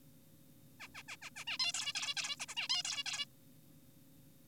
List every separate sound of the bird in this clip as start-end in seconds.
0.80-0.88, 0.95-1.03, 1.08-1.16, 1.22-1.30, 1.36-1.44, 1.47-1.58, 1.60-1.73, 1.74-1.93, 1.95-2.14, 2.17-2.36, 2.40-2.46, 2.49-2.55, 2.57-2.68, 2.70-2.83, 2.85-3.04, 3.06-3.26